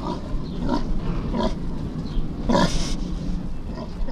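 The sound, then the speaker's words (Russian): A pig named Chusha grunts several times in short, rough bursts at an uneven pace, with one louder, harsher snorting grunt partway through. No one speaks. “Здравствуй, Чуша, здравствуй.”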